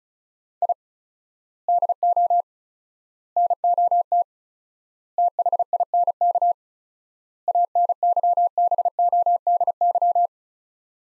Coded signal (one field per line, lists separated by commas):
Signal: Morse code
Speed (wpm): 36 wpm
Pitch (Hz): 700 Hz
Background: none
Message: I DO NOT THINK ANYBODY